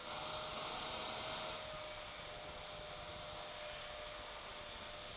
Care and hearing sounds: daily activity, microphone in the room; vacuum cleaning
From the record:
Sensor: 5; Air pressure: 1009.7 hPa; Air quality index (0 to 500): 167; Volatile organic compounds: 4 ppm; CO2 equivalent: 1619 ppm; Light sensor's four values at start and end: 110/288/118/126 and 110/288/118/126

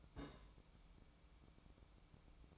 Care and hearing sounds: daily activity, microphone in the room; place on stove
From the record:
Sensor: 1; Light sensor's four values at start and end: 8/19/8/8 and 8/19/8/8

